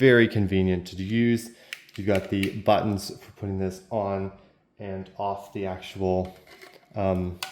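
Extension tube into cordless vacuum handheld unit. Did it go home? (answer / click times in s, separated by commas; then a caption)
no / none. The plastic extension tube of a cordless stick vacuum is handled by the handheld unit while someone talks throughout. Nothing has seated or clicked yet; the tube is not yet home.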